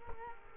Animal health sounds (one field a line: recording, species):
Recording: mosquito wingbeat signal from an infrared sensor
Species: Culex quinquefasciatus